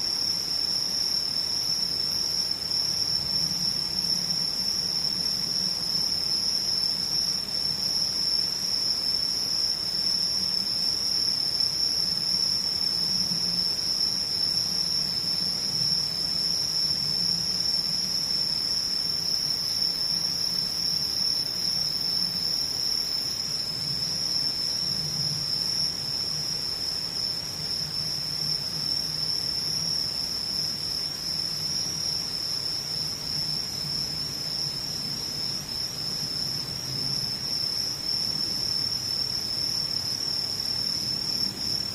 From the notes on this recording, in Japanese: ムシ